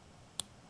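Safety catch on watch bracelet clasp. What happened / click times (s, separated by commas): The bracelet safety catch clicked shut / 0.4 s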